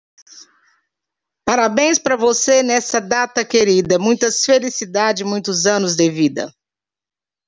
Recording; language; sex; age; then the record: short text; Brazilian Portuguese; female; 50 to 59 years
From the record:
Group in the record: control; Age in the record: 52 years